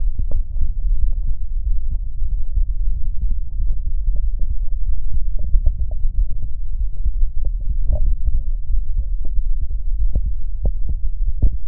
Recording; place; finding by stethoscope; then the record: heart sounds by stethoscope; aortic valve (AV); normal heart sounds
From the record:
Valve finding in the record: normal valve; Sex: male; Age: 60 years